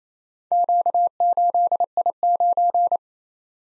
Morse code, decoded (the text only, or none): Q8I9